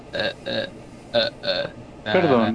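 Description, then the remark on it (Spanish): A series of five voiced burps by the character Waco, burping a piece of classical music: the first four short and evenly spaced, the last longer and wavering in pitch as if carrying a tune. “No, estaba eructando una canción de música clásica.”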